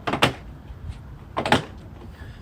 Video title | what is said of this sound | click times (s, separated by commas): Rear Cabin Filter Replacement on 5th Gen 4Runner by Four Cam Engineering | then everything else snaps into place pretty easily | 0.2 s, 1.5 s